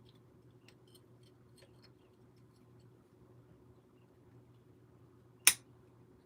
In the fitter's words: Perfect. Snapped right in.